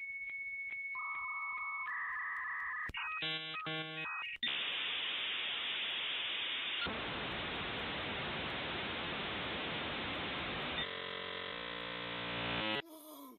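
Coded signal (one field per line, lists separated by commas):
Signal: dial-up modem handshake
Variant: 56k modem (V.90)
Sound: high answer tone, warbling beeps, chirpy tone bursts, then loud rushing hiss and static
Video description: So hörte sich ein klassisches Modem mit 56k an, als man sich damals per Telefonleitung in das Internet einwählte.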